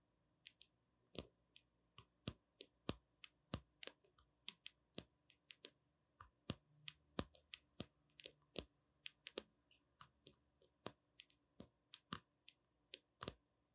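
Gentle tapping in a loose, uneven rhythm, two or three crisp clicks each second, some landing in quick pairs or small clusters. Each tap is short and sharp, like fingertips on a hard surface, over a faint, steady low hum.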